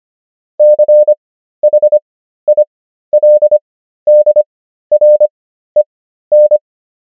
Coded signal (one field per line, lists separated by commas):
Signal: Morse code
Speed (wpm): 25 wpm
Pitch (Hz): 600 Hz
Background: none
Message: CHILDREN